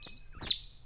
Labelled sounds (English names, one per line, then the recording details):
Stitchbird song
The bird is a male
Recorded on Tiritiri Matangi Island, New Zealand, in 2005
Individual 3, of nest box 3